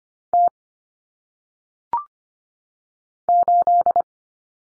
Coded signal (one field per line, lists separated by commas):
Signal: Morse code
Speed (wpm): 25 wpm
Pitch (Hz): 700 Hz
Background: none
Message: T 8